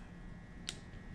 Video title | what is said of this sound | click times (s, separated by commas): Mustang 4.6 2v Timing Chain Install (Detailed Walkthrough) | so make sure you here for a very small click and then cool those | 0.7 s